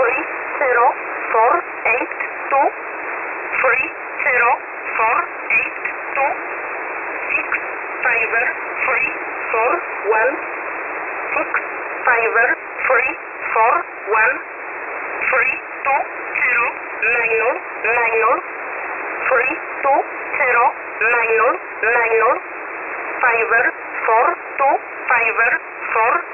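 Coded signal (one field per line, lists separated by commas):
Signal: numbers station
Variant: E11a, English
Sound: synthetic English voice reading numbers in groups, words like fiber, minor, evenly spaced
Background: radio static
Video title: E11a Message 08/05/2023 0830 UTC 16335kHz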